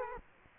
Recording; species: mosquito wingbeat signal from an infrared sensor; Culex quinquefasciatus